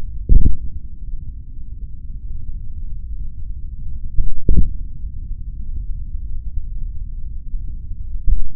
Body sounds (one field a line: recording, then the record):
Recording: forearm muscle sounds (acoustic myography)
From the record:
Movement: hand opening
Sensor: system 3, bracelet of six PUI Audio POM-2738L microphones around the upper forearm, with dedicated amplification and filtering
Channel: 1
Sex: male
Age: 26 years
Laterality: right